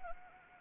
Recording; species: mosquito wingbeat signal from an infrared sensor; Anopheles arabiensis